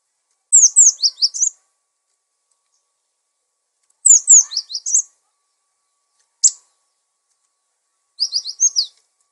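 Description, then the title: Bird song in quick, very high twittering phrases of rapid slurred notes, each burst about a second long, separated by silent gaps of one to three seconds, plus one lone sharp note. Masteran recording, used as a model song for training captive songbirds. "Master Burung Jos"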